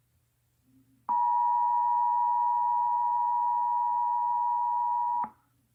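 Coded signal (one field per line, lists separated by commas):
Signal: Emergency Alert System (SAME) tones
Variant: 853 and 960 Hz attention tone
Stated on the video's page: Iowa Required Monthly Test originated by an AM station and relayed on all Iowa radio and TV stations.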